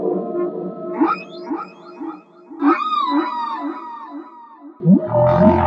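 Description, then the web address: Whale song: overlapping moans and rising, arching whoops with rich harmonics, short pulsed grunts in a repeating series, and a deep swelling groan near the end. "song of the whales"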